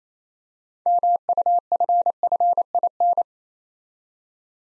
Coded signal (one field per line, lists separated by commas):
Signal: Morse code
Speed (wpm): 27 wpm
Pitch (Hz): 700 Hz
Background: none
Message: MUFFIN